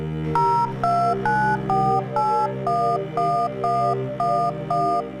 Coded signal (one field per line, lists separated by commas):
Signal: DTMF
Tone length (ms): 310 ms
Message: 0294811111